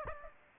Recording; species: mosquito wingbeat signal from an infrared sensor; Aedes aegypti